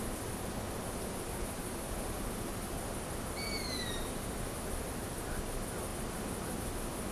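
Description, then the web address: Owl giving one short, high whistle that slides slightly downward, heard once midway through over a continuous noisy hiss. "Voegel kautz"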